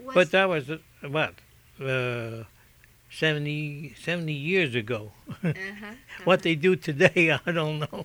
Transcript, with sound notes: But that was, well, seventy, seventy years ago. ( he laughs ) What they do today, I don't know.